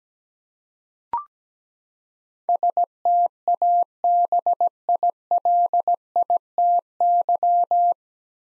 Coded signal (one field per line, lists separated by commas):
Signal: Morse code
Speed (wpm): 17 wpm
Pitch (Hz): 700 Hz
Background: none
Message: STABILITY